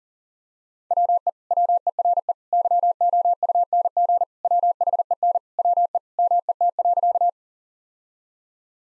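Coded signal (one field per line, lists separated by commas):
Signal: Morse code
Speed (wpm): 40 wpm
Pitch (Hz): 700 Hz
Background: none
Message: WE WERE YOUNG WHEN WE MET.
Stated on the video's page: Morse practice at 40 wpm: sentences built from common two-word phrases, each sent twice for head-copy training.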